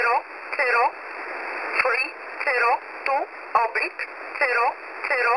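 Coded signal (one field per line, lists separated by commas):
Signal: numbers station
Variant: E11 Oblique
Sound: a voice reading single digits at an even pace through steady shortwave hiss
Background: radio static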